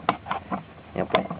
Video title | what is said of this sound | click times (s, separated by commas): piéces de pontiac de réginald | le déclipser voilà vous voyez là c'est facile | 0.1 s